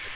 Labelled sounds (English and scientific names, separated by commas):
Magnolia Warbler (Setophaga magnolia) flight call